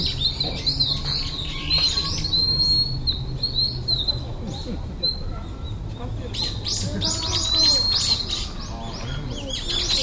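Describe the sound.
Bird chorus of rapid high chirps and thin whistles, many callers overlapping throughout, with a steady low hum beneath.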